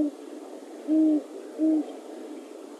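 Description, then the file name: Great horned owl hooting, two short, low, even hoots close together over a faint background hiss. Recorded January 2018. "great horned owl by paul marvin"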